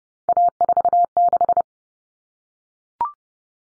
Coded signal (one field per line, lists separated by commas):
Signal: Morse code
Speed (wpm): 30 wpm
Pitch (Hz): 700 Hz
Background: none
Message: A46